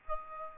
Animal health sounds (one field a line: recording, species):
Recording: mosquito wingbeat signal from an infrared sensor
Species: Aedes albopictus